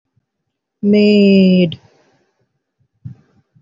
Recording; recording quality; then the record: sustained vowel as in made; moderate, slight background noise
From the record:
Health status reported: healthy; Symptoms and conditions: hypertension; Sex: female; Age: 47 years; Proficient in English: yes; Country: India